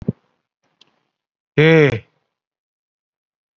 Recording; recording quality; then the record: sustained vowel as in made; excellent, no background noise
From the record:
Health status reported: COVID-19 positive, mild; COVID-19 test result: positive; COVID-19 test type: RT-PCR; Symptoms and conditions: cough, muscle pain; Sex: male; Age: 52 years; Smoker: no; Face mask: worn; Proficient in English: no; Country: India